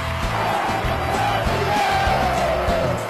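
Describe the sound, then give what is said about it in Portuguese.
A large crowd chants together in a steady, pulsing rhythm at a stadium, celebrating Corinthians winning the 2017 Brazilian championship, loud and continuous, with many voices blending into a dense roar and no break throughout. “O grito que rolou na arquibancada agora tá dentro do campo.”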